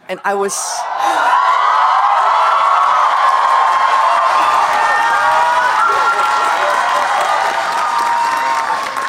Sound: audience cheering and applauding